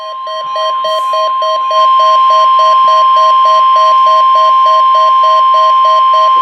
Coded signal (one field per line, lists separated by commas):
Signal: Emergency Alert System (SAME) tones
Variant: 1050 Hz attention tone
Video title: KWO35 Required Weekly Test + Random UCFMA Pager Test (EAS #1,637) 1/11/17